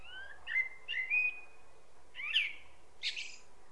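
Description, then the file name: Common blackbird singing a rich, fluty warble of several whistled notes, followed by two short, sharp, squeaky flourishes. "Turdus merula"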